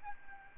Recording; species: mosquito wingbeat signal from an infrared sensor; Aedes albopictus